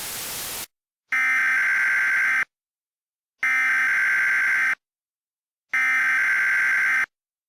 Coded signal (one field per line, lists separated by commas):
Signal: Emergency Alert System (SAME) tones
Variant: header bursts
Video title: EAS Mock 10: Visibility Zero